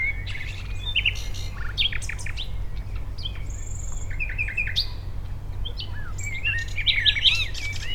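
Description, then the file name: Common nightingale singing short varied phrases of clicks, fluty whistles and brief rattles, separated by short pauses, against a constant low background rumble. Dishoek, Netherlands, 10 May 2015. "Nightingale Dishoek 150510"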